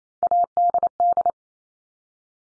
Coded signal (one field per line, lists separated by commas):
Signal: Morse code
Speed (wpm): 28 wpm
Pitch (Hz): 700 Hz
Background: none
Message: ADD